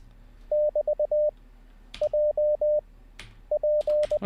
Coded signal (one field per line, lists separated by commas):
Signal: Morse code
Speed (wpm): 20 wpm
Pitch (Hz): 600 Hz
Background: none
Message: <BT> J P